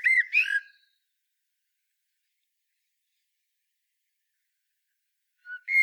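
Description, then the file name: Common blackbird giving a brief mellow whistled phrase with a thin high flourish, followed by silence and the start of another note at the end. "Turdus merula"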